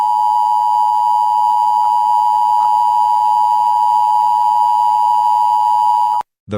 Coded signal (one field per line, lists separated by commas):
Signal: Emergency Alert System (SAME) tones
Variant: 853 and 960 Hz attention tone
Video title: EAS scenario 1: Mistaken Alien Attack